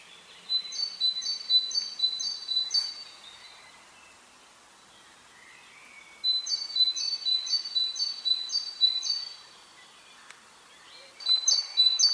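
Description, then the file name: Great tit repeating bright two-note phrases in three bouts, the first two of five to six pairs and the last cut short, over a steady hiss of background noise. "Parus major"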